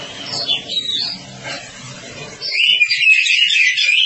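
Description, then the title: Oriental magpie-robin song, a loud run of varied whistled and warbled phrases around the upper register in the second half, after a stretch of softer mixed sound and low noise. "Kacer"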